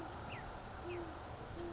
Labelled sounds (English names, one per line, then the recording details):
Great Horned Owl
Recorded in Sonoma County, California